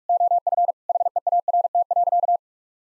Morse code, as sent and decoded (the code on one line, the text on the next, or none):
--- ..-. / .... . .- .-. - .-.-.-
OF HEART.